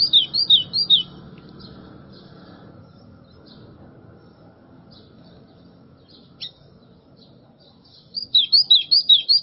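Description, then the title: White-throated seedeater song, a quick phrase of slurred high whistles, a long gap with a single stray note, then another rapid run of whistles at the end. "Canto Do Golinha"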